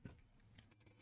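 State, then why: Not seated. A small internal mechanism part of an Xbox One S optical disc drive is handled and put back on during reassembly of a console whose drive is not reading discs. Soft handling taps are heard, the loudest at about 0.1 s and 0.6 s, over a quiet background. Nothing has seated or clicked into place yet.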